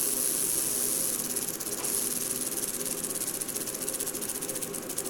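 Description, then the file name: Sidewinder rattle, a continuous dry buzzing that shows rapid pulsing in the second half, with a steady high hiss. "Crotaluscerastes JRice"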